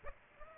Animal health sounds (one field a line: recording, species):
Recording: mosquito wingbeat signal from an infrared sensor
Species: Aedes aegypti